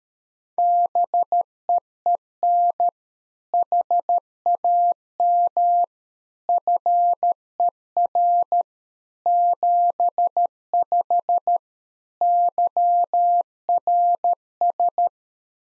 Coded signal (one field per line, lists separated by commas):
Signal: Morse code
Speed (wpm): 13 wpm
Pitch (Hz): 700 Hz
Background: none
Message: BEEN HAM FER 75 YRS